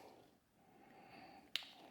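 The recoil spring and guide assembly of a CZ SP01 pistol is pushed back into place until the small hump on its flat spot locks into the divot cut in front of the barrel lug. After a quiet stretch of low rustling, a single sharp click lands at 1.6 s as the guide seats in the cutout.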